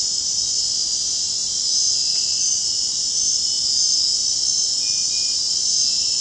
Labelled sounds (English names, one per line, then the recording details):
none
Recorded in dense forest near Puerto Asís, Putumayo, Colombia, on 24 June 2025 at 00:00
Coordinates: 0.499, -76.324
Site G100